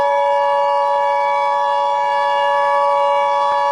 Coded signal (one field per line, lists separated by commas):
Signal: Emergency Alert System (SAME) tones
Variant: 853 and 960 Hz attention tone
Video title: My first EAS Scenario: Will.EXE.